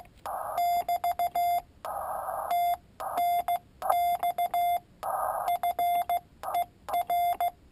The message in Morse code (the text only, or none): <BT> TNX FER